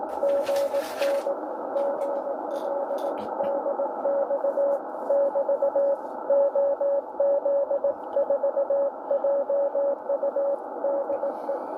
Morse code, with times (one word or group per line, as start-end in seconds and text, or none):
0.2-1.3 GN
1.8-3.1 GL
3.4-4.8 DX
5.1-5.9 <BT>
6.3-10.6 OZ4JU
10.8-11.5 DE